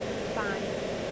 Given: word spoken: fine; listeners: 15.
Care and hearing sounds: one English word in noise, from a listening test; speech-shaped noise; -5.8 dB; 3 of 15; 6 of 15; 0.71 s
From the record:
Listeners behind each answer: 6, 3, 1, 1, 1, 1, 1, 1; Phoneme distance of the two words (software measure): 7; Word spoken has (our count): 1 syllable, 3 phonemes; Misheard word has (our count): 1 syllable, 4 phonemes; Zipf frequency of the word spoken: 5.44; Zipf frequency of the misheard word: 5.89

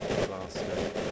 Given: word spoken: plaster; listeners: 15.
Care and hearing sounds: one English word in noise, from a listening test; noise modulated by three-talker babble; -7.8 dB; 3 of 15; 7 of 15; 0.71 s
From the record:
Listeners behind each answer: 7, 3, 1, 1, 1, 1, 1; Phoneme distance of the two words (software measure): 30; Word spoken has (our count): 2 syllables, 6 phonemes, stress on syllable 1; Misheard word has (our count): 2 syllables, 6 phonemes, stress on syllable 1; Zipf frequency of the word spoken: 3.97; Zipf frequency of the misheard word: 4.37

